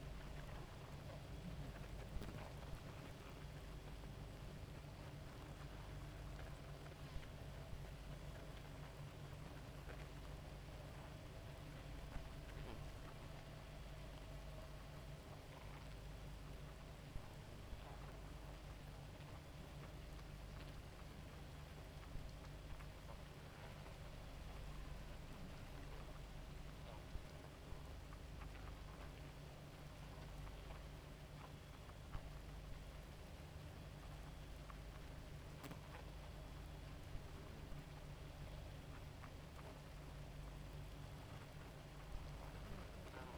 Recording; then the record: honeybee colony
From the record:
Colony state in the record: active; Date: 28 July 2017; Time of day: 2:47